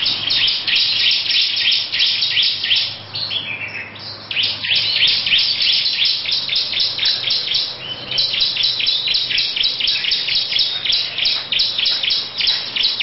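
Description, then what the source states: Lovebird in sustained, high-pitched chattering song of quick repeated chirps, with a faint low hum underneath and a short lull near four seconds. Long "ngekek panjang" song.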